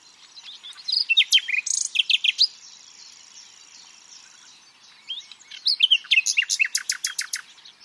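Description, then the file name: Common nightingale song: a jumble of sharp chirps and whistles, a lull, then a quick rattling series of loud repeated notes, with a thin steady high hiss behind. "Luscinia megarhynchos"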